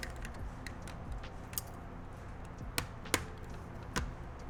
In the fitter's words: Ooh, that's nice. That clicks right into place.